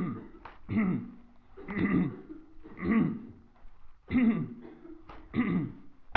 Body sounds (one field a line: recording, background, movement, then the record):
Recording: throat clearing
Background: a bystander coughing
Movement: walking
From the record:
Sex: male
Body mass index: 22.0 kg/m2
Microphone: on the chest, facing the body